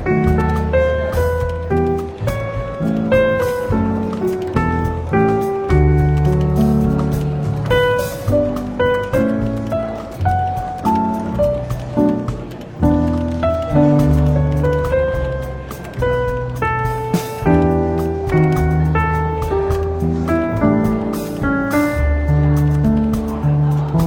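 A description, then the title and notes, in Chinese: Soft, relaxed jazz fills a bookshop café, with a walking bass line, mellow chords and melodic notes moving steadily throughout. Light clicks and faint murmured chatter sit beneath the music, which stays at an even level for the whole stretch. 伦敦书店咖啡馆轻微喧闹氛围与柔和轻松的爵士背景音乐。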